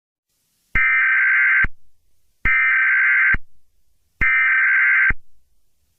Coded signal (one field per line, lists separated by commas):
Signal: Emergency Alert System (SAME) tones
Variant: header bursts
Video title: Emergency alert system project (VALID EAS TONES)